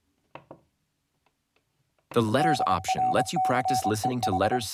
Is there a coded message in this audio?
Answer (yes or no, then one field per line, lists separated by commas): yes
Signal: Morse code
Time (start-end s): 2.4-4.6 s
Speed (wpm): 24 wpm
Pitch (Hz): 750 Hz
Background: speech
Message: DRCEH